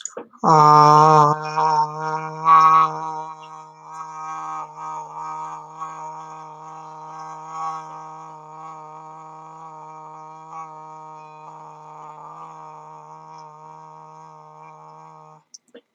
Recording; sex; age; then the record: vowel held as long as possible; male; 30 to 39 years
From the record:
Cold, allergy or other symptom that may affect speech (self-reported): no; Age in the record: 32 years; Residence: New Jersey, United States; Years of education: 12